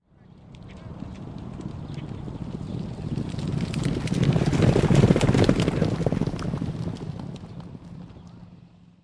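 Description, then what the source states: Horse hoofbeats: rapid clopping, growing louder toward the middle then fading away. Horse gaits.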